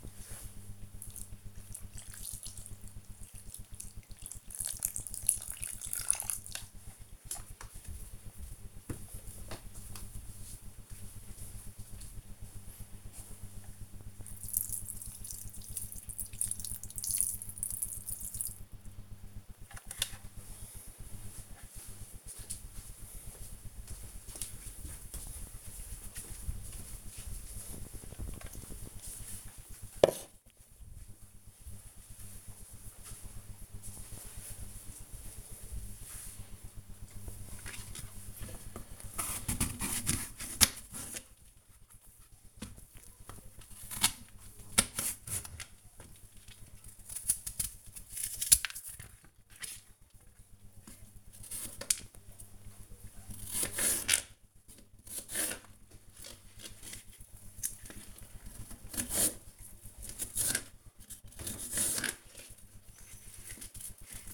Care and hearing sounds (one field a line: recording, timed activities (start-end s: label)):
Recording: household activities, microphone on the right wrist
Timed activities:
0.00-20.18 s: watering plant
36.33-64.34 s: cutting vegetables